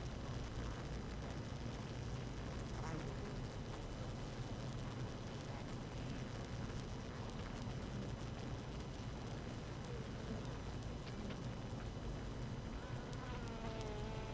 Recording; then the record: honeybee colony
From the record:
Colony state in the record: active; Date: 12 June 2018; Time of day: 6:13